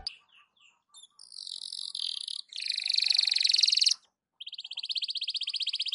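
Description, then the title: Canary song: soft faint notes, then long buzzy rolling trills, a short pause and a steady high rattle. Belgian canary singing a morning warm-up song, used for masteran (tutoring other birds). "Canto Para Esquentar Canário Belga. SUARA BURUNG KENARI DI PAGI HARI COCOK BUAT MASTERAN"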